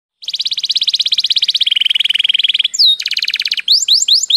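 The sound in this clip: Canary song: a fast, even trill of rapid notes held for about one and a half seconds, dropping to a lower trill, then a quick chopped trill and several upward-swept whistled notes.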